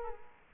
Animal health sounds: mosquito wingbeat signal from an infrared sensor; Culex quinquefasciatus

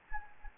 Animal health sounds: mosquito wingbeat signal from an infrared sensor; Anopheles gambiae

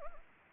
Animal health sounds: mosquito wingbeat signal from an infrared sensor; Anopheles arabiensis

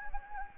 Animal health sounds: mosquito wingbeat signal from an infrared sensor; Anopheles gambiae

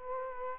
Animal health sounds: mosquito wingbeat signal from an infrared sensor; Culex quinquefasciatus

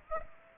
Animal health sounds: mosquito wingbeat signal from an infrared sensor; Aedes aegypti

